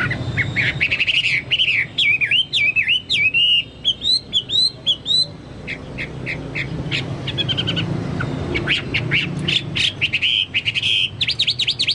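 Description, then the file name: Chinese hwamei song, bright looping whistles in a rhythmic run, then a quieter spell and fast chattering notes ending in quick repeated whistles. "hwamei-2-omkicau"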